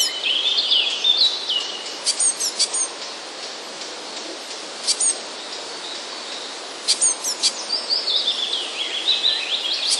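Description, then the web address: Eurasian blue tit song: high, thin trilling phrases at the start and again near the end, with sharp clicks scattered over a steady background hiss. "wroblowe teka spiew. modraszkoteka"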